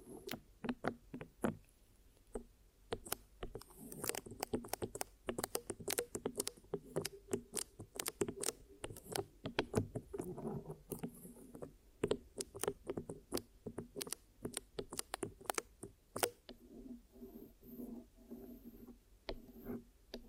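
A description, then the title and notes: Dry tapping and clicking from an ear massage and cleaning, with rapid irregular taps packed densely through most of the clip and thinning out near the end. A low, muffled rubbing hum sits underneath, and a faint voice murmurs briefly. Glue Ear Massage and Cleaning.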